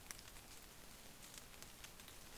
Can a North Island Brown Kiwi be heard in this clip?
no